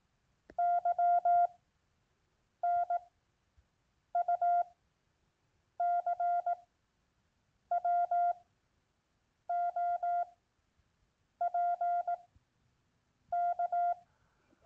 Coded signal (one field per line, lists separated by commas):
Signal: Morse code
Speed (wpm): 18 wpm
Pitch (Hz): 700 Hz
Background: none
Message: Y NU CW OP K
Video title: Your first CW QSO - Part2